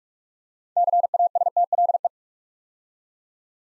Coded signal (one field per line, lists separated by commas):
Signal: Morse code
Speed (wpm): 44 wpm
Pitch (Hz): 700 Hz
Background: none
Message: CASTLE